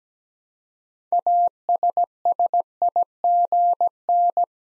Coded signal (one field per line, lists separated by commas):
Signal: Morse code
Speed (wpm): 17 wpm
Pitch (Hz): 700 Hz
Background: none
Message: ASSIGN